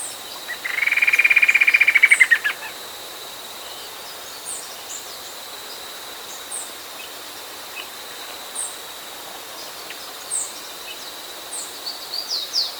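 Bird giving a fast, even trill of about two seconds, followed by scattered high, thin, falling notes repeated every second or two.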